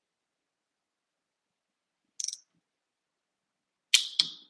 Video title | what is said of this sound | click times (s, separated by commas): Live Mountain Bike Maintenance! | tighten this down till it clicks | 3.9 s